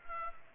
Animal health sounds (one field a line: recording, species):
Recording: mosquito wingbeat signal from an infrared sensor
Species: Culex pipiens